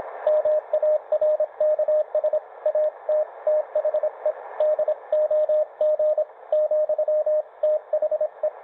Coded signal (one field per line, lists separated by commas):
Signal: Morse code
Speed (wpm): 26 wpm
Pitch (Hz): 620 Hz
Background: none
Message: MARKS AT THE DOG ,THE